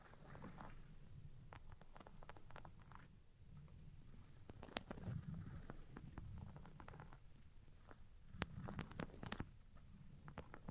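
Tapping and scratching sounds play out over a low, rumbling bed that swells and fades. Sharp, bright taps land irregularly, clustering near the middle and again around eight to nine seconds, with softer scraping strokes between them.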